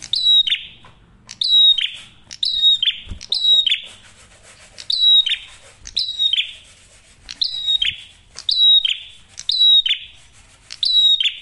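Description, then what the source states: Prinia singing loud, high chirp phrases in a long series, each a rapid downward note followed by a rasping buzz. Masteran tutor audio for training songbirds; prenjak merah singing actively with a clear voice.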